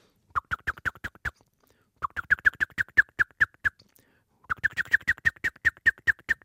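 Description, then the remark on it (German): A blackbird's alarm call at an approaching cat, a ground predator: three bursts of rapid, sharp chinking notes, each run speeding up into an excited chatter, with short pauses between, fairly loud and with no voices. “Nun kommt die Katze näher. Man braucht es gar nicht zu sehen, man hört es, dass die Katze kommt.”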